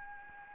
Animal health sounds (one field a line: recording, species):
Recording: mosquito wingbeat signal from an infrared sensor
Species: Anopheles gambiae